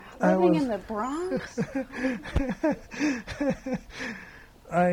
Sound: laughs